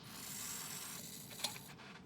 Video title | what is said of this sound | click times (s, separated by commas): The MOST in depth EJ25 rebuild tutorial EVER (wrx/sti) | you hear that click sort of well now it's locked in | 1.4 s